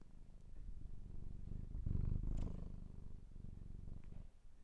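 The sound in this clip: Cat purr rumbling low and rhythmic, swelling louder in the middle then easing off.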